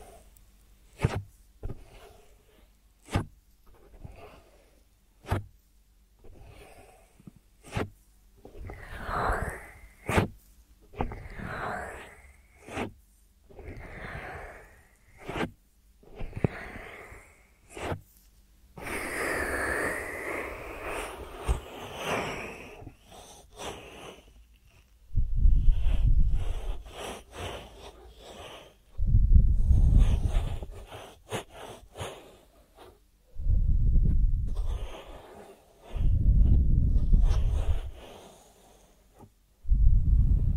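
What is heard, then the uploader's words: ASMR ear treatment sounds: sharp clicks and taps come every second or two early on, alongside soft breathy swishes and rustling. A denser hiss fills the middle, and after about 25 seconds deep muffled rumbling thuds arrive in bursts, mixed with crackles. ASMR 3D Brain Penetrating Ear Treatment.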